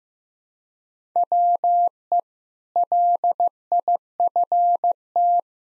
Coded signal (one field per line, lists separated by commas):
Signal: Morse code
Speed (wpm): 16 wpm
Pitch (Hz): 700 Hz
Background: none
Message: WE LIFT